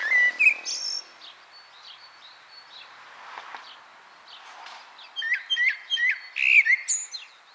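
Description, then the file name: Common blackbird with a fluty phrase at the start, a quieter stretch of soft twittering, then a burst of rapid, high, squeaky twitters toward the end. "Turdus merula"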